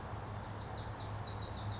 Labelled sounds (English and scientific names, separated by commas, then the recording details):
Lazuli Bunting (Passerina amoena)
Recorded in Sonoma County, California